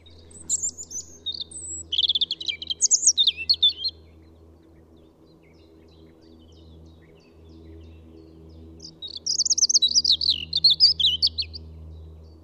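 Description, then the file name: European robin song in two bursts of rapid, high, sweet warbling and trilled notes, with a pause between them and a low steady hum in the background. "Pettirosso"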